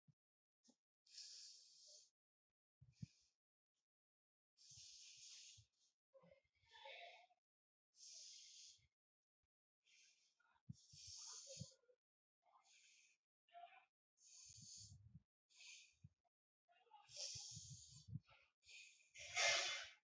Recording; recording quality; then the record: deep breathing; excellent, no background noise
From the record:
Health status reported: healthy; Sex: female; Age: 42 years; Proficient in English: yes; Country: India